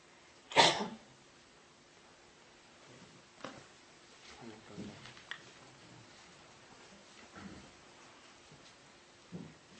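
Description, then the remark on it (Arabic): A student in a religious study circle gives one sharp, explosive sneeze at the start, followed by a low hum, faint murmuring voices and a few soft clicks and rustles. “إذا عطس الطالب العلم في مجلس العلم يقول الحمد لله بصوت خفيف لا يسمعه إلا من بجواره فقط.”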